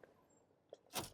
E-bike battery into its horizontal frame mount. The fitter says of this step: it you can hear it snap really clicks in tight